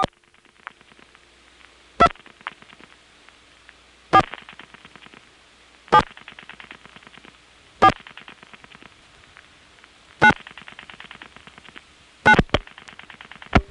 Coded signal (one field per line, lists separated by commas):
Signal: DTMF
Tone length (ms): 70 ms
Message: 2 4 7 4 9 9